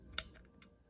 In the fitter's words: slot you want to be when you hear a click